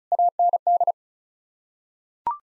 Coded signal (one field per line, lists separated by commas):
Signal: Morse code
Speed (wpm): 36 wpm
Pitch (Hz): 700 Hz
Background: none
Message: AND